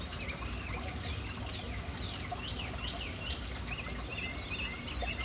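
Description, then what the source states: Birds calling: many short chirps and downward-sweeping notes, repeated throughout over steady background noise. City birds hanging around a fountain in an urban setting.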